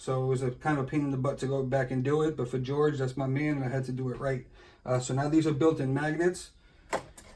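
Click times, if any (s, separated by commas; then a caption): 6.9 s, 7.2 s. A 3D-printed plastic column with built-in magnets is fitted into a collectible-figure diorama base. Someone talks, then the column snaps into place with sharp clicks at 6.9 s and 7.2 s, seating snugly, held by strong magnets.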